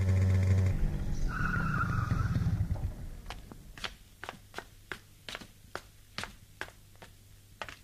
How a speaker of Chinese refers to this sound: 在深夜寂静的街上，一辆摩托车飞速地穿过大街小巷，停在田海家的门口